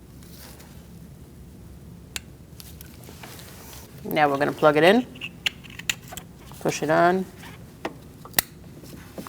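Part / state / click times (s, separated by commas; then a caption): wiring harness connector onto ignition coil / seated / 8.4 s. On a 2008–2014 Mercedes-Benz C300, a wiring harness connector is pushed onto a new ignition coil while someone talks, with a few small ticks and taps around it. A sharp click at 8.4 s confirms the connector is seated on the coil, ready to be locked in place.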